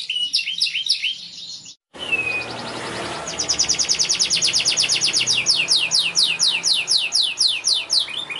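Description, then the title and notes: Canary song: twittering phrases, a brief break, then a long fast trill of repeated high notes changing into sweeping slurs, over steady background noise. Young canary; recording used as a long-duration lure and tutor song for training canaries. "Pancingan Kenari Muda Durasi Panjang. masteran kenari"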